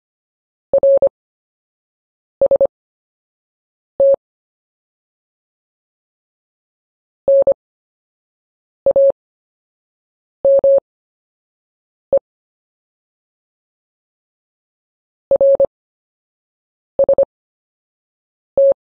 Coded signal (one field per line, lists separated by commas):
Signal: Morse code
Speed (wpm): 25 wpm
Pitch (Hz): 550 Hz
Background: none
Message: RST NAME RST